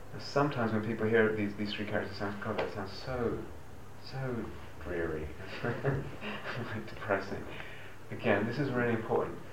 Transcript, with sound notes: Now sometimes, when people hear of these three characteristics, it sounds -- "God, it sounds so, so dreary." [laughs] Or like, depressing. Again, this is really important: